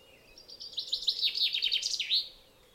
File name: Fringilla coelebs